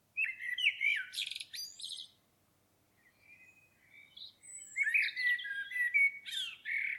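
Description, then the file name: Common blackbird singing: a fluted warble with thin, scratchy high twitters, a brief pause, then a longer second phrase. "Turdus merula"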